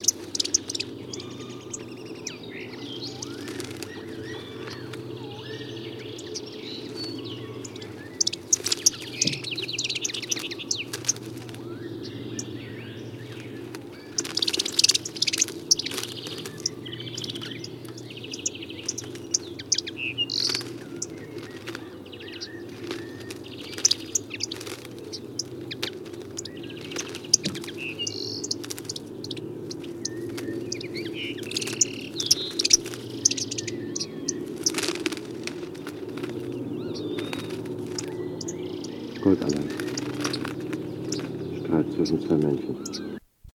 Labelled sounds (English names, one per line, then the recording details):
Yellowhammer
Common Linnet
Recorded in the wild
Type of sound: call
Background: Carduelis cannabina
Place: Groß Nemerow, Mecklenburg-Vorpommern, DE
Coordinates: 53.448, 13.219
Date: 1980-05-03
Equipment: Nagra III BH, Sennheiser MD 21, parabola
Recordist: Schubert, Michael
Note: Zwei Goldammer Männchen streiten sich, Rufe, Hintergrund Gesang Bluthänfling